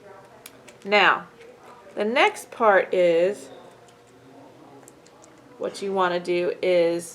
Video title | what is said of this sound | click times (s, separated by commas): Kaleidoscope Craft | Then you're going to take this little disc plastic, and you're going to push it in until you hear it kind of, till it like pops a little bit. | 0.5 s